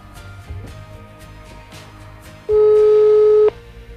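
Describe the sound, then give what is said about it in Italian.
A steady, mid-pitched telephone line tone sounds once for about a second, loud and flat, cutting over a quieter background of soft rhythmic thumps. “Pronto! Ehi, ci stai sentendo?”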